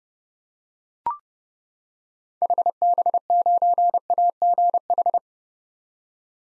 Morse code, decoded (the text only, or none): HB9AGH